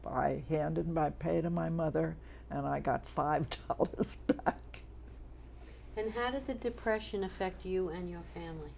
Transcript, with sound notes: I handed my pay to my mother and I got $5 back. [chuckles]
And how did the Depression affect you and your family?